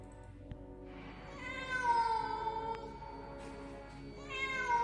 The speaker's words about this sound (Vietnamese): Bỗng một tiếng kêu vang lên khiến hắn giật mình, là tiếng của một con mèo kêu văng vẳng ở đâu đó.